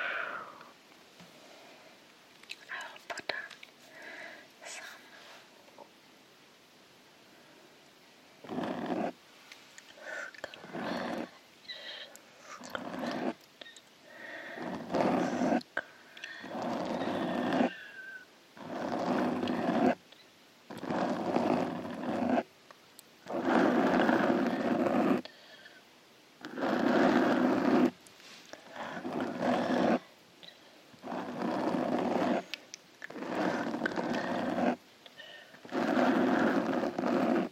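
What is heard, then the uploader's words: Scratching and hand movements, starting with a quiet stretch of faint scattered rustles for the first eight seconds. After that come repeated rough, hissy scratching bursts, each lasting a second or two with short gaps, growing louder and more continuous toward the end. ASMR Scratching Your Brain With CLAWS. Lots of scratching & hand movements.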